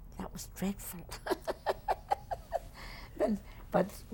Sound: she laughs

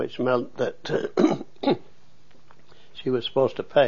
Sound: clears throat

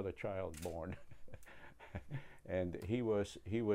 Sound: laughs

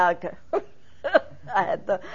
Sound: she laughs

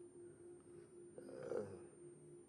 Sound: deep breaths, trying to catch his breath and in pain

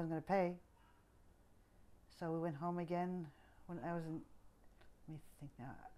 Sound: none

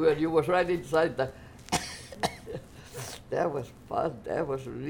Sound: coughs

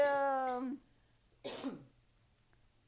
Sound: coughs

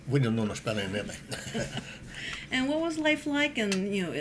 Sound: he laughs

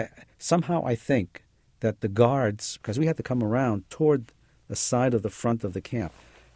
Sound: none

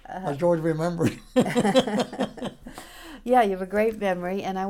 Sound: laughter

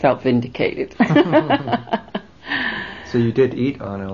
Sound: they laugh

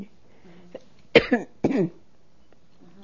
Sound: she coughs

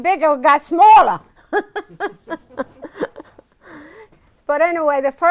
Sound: she laughs

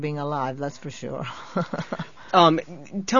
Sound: she laughs

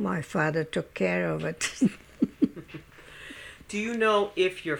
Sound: she laughs

